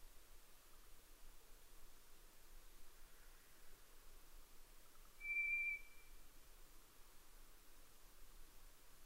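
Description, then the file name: White's thrush song: a single thin, level whistle held for about half a second, alone against a steady background hiss. Sung at night, 22:35, on 11 June 2011. "toratugumi-20110611-2235"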